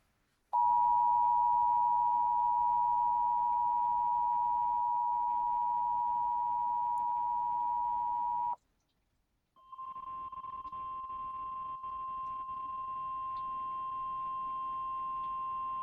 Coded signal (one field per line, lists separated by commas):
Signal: Emergency Alert System (SAME) tones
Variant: 853 and 960 Hz attention tone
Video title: Torque (2004) End Credits on UniMas 46-1 KFTR-DT With EAS Message